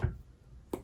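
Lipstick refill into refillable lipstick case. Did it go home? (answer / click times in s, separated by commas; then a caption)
no / none. A lipstick refill bullet is handled and placed into a decorative metal bow lipstick case, with a soft low bump at the start and a short, sharp tap at about 0.7 s. Nothing has seated or clicked yet; the refill is not yet home in the case.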